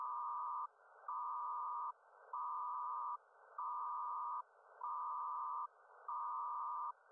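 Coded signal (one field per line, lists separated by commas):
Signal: HF data modem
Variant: PACTOR-II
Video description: Decoding a PACTORII transmission.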